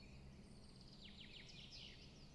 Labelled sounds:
Common Chaffinch (Fringilla coelebs)
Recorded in Germany
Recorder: ecoPi

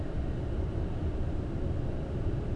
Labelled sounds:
none
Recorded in Germany
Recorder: ecoPi

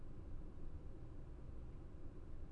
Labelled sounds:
none
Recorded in Germany
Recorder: ecoPi

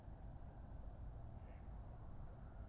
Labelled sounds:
Mallard (Anas platyrhynchos)
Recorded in Germany
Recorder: ecoPi

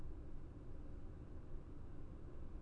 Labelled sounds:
none
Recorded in Germany
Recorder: ecoPi

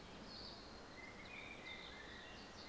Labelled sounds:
Common Blackbird (Turdus merula)
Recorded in Germany
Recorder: ecoPi

